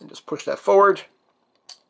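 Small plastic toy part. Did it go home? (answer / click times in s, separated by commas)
yes / 1.7 s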